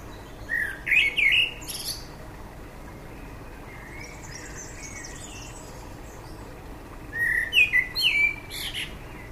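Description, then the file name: Common blackbird singing two phrases several seconds apart, each a mellow warble ending in high squeaky twitters, with a quiet gap between. "Turdus merula"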